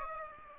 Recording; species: mosquito wingbeat signal from an infrared sensor; Aedes aegypti